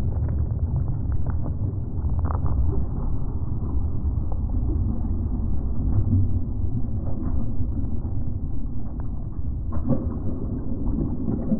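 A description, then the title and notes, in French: A descent into an underground cave, heard as a steady, dense low rumble that stays muffled and dark, with nothing bright above it. Faint knocks and scrapes pop up irregularly throughout, and a soft, wind-like roar holds constant underneath. Un essai de descente dans une grotte souterraine. En binaural (à écouter au casque).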